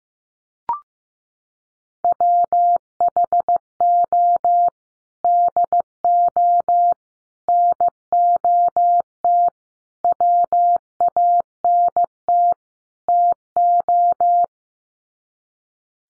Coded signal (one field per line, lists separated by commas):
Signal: Morse code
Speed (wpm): 15 wpm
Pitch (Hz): 700 Hz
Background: none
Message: WHO DO NOT WANT TO